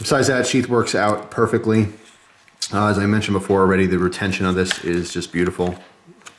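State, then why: Not seated. Someone talks while handling a fixed-blade knife and its molded sheath, with a couple of faint handling ticks near 6.2 and 6.3 seconds at the very end. The knife has not yet been pushed home, and nothing has seated or clicked yet.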